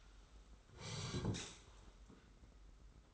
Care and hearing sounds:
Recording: daily activity, microphone in the room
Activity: sit down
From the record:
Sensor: 3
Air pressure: 991.6 hPa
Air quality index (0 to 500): 169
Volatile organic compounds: 1000 ppm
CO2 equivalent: 5599 ppm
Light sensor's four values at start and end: 36/100/41/35 and 37/106/43/37

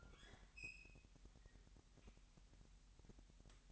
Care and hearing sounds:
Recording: daily activity, microphone in the room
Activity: open fridge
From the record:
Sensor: 3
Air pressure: 1001.9 hPa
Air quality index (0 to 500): 238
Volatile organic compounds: 43 ppm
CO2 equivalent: 3192 ppm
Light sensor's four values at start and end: 12/37/16/13 and 12/37/16/13

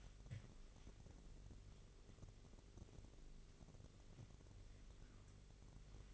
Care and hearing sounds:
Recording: daily activity, microphone in the room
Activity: wipe stove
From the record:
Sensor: 4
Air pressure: 1002.4 hPa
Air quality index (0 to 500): 214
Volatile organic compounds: 11 ppm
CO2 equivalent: 2318 ppm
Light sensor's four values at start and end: 19/68/25/24 and 19/67/25/24

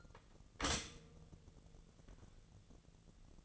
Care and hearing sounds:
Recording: daily activity, microphone in the room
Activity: stop toaster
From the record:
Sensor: 4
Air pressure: 1001.1 hPa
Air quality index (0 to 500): 152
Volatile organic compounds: 2 ppm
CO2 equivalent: 1112 ppm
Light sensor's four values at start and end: 20/46/19/21 and 19/44/19/20

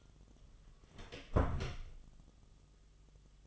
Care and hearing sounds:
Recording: daily activity, microphone in the room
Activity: close door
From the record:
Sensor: 4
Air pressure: 1005.9 hPa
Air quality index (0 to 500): 94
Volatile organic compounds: 2 ppm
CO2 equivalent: 1163 ppm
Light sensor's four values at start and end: 13/29/11/11 and 13/30/12/11

